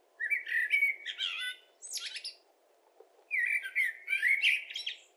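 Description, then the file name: Common blackbird giving two relaxed, fluty phrases, the first closing with a shrill high squeak, separated by about a second of quiet. "Turdus merula"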